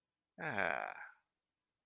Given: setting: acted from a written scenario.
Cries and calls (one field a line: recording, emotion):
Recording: vocal sound without words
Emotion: contentment